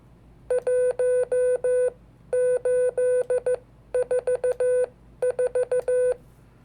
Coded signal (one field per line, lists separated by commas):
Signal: Morse code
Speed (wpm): 14 wpm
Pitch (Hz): 500 Hz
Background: none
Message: 1844